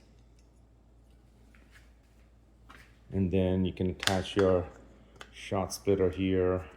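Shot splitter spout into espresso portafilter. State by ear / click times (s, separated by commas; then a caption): not seated / none. Someone talks while handling a plastic/metal shot splitter spout, about to attach it to the bottom of a 58 mm portafilter for a Fellow Espresso Series 1 espresso machine, with faint small handling sounds at about 0.4, 1.6 and 2.7 s. The clip ends before the splitter goes home, so nothing has seated or clicked yet.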